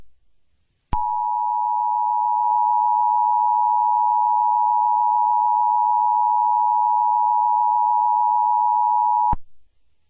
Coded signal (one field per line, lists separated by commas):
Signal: Emergency Alert System (SAME) tones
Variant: 853 and 960 Hz attention tone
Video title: (PRETTY BAD) EAS scenario #001 (Pt.1) Halloween is the worst day ever